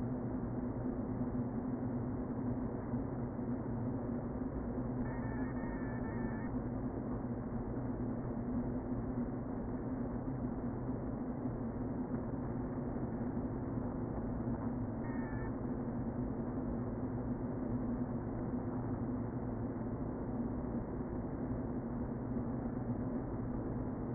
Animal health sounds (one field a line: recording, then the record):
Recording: honeybee colony, microphone inside the hive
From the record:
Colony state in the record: queen present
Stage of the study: before two queens were removed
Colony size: about 60,000 bees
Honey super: yes